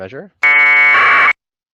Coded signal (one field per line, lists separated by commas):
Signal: packet radio (AX.25, as in APRS)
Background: speech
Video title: APRS User Guide by Marcel AI6MS